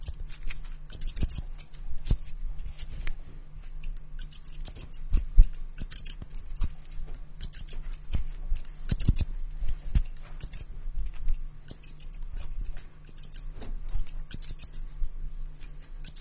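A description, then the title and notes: Scissors and combs simulate a haircut, with quick, irregular snips and crisp ticking clicks scattered throughout. The bright clicks come in clusters, with louder snaps around two, five and nine seconds. A low, steady hum runs underneath the whole time. Scissors and combs simulate hair cutting, 360-degree immersive experience.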